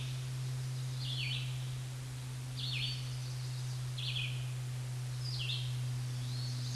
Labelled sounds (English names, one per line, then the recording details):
Red-eyed Vireo song
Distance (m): 10 m
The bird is about 5 m above the microphone
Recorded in a Pennsylvania forest on 16 May 2024 at 07:56
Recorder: AudioMoth, point MSD-2287
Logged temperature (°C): 11.2 °C
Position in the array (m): 149 m, 27 m